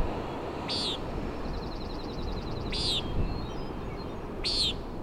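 Common nighthawk giving three nasal, buzzy peent calls about two seconds apart, with a dry ticking trill in between, over rushing wind and sea noise.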